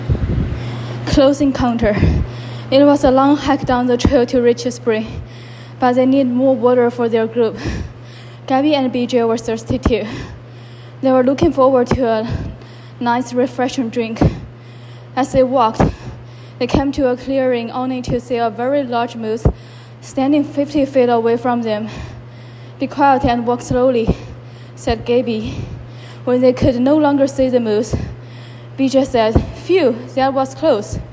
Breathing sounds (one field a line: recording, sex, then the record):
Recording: reading aloud after running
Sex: female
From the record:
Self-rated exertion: vigorous exertion (4 of 6)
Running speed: 10 miles an hour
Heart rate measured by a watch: 152 beats a minute at the start, 133 at the end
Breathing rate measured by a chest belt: 39 breaths a minute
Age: 28 years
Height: 155 cm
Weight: 44 kg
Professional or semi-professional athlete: no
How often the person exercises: 3 to 5 times a week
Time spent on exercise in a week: over 5 hours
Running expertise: yes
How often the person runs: 3 to 5 times a week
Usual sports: running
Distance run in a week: 45 km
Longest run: 32 km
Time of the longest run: 200 minutes